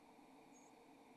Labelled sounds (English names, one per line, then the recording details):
White-throated Sparrow flight call
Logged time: 07:34 on 28 November 2014